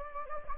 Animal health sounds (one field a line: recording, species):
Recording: mosquito wingbeat signal from an infrared sensor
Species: Anopheles gambiae